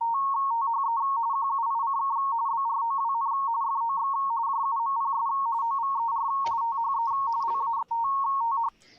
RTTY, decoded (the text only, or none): THE QUICK BROWN FOX JUMPS OVER THE LATH